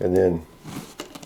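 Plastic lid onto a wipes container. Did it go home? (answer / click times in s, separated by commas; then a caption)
yes / 1.0 s. Someone talks briefly, then a plastic lid is pressed onto a wipes container after a paper towel has been fed up through its hole. The lid snaps on with a sharp click at 1.0 s, followed by two smaller clicks, and is seated after not snapping on the first try.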